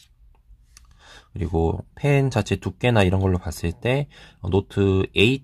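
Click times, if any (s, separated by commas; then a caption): 0.8 s. A plastic S Pen stylus is pressed into the spring-loaded push-push silo built into a Samsung Galaxy Tab A 8.0 (2019), and it gives a sharp click at 0.8 s before the pen pops out, released. Faint small ticks come just before and after the click, then someone talks.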